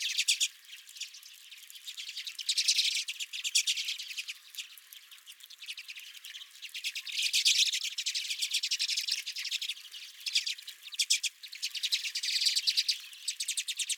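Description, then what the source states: Redpolls in constant chatter, dense twittering trills that grow louder in several surges. Redpolls at the recordist's feeder.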